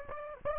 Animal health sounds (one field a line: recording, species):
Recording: mosquito wingbeat signal from an infrared sensor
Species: Aedes aegypti